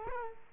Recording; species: mosquito wingbeat signal from an infrared sensor; Culex quinquefasciatus